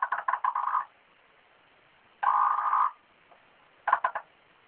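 Frog calling in three rattling bursts: a stuttered series of pulses, a longer steady buzzy croak, then a brief trill of quick pulses.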